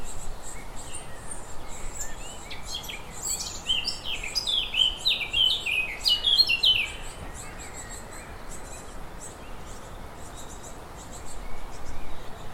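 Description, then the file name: Eurasian blackcap singing one fast warbling phrase of scratchy notes and whistles lasting about four seconds, then quiet. "Sylvia atricapilla"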